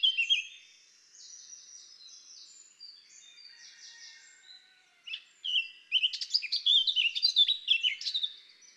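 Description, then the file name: Eurasian blackcap song: a soft scratchy warble running for several seconds, then a louder burst of rapid, varied fluty notes toward the end. "Sylvia atricapilla"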